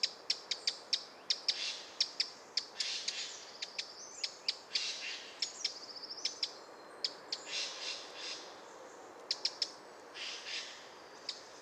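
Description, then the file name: Eurasian wren giving sharp, high ticking calls in rapid series, interspersed with brief buzzy trills and scratchy notes. "Troglodytes troglodytes"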